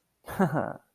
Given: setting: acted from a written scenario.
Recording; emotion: vocal sound without words; pride